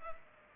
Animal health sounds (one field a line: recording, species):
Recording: mosquito wingbeat signal from an infrared sensor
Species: Culex pipiens